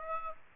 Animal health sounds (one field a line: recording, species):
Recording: mosquito wingbeat signal from an infrared sensor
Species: Aedes aegypti